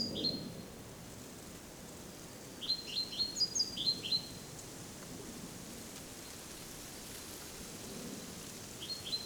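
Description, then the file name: Great tit call: one clear run of several short, sharp, high notes midway, with fainter notes at the start and end. "Parus major"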